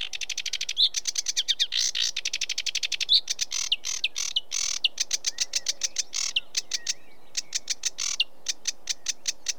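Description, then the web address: Sedge warbler singing a restless mix of dry ticks, rattles and short whistled notes. In Britain. "The BBC Sound Effects Library - Complete 60 CDs Collection Sound Effects Library-12 (British Birds) 16 Sedge Warbler"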